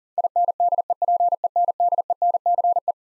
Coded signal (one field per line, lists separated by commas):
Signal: Morse code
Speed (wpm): 40 wpm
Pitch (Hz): 700 Hz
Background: none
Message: INDEPENDENCE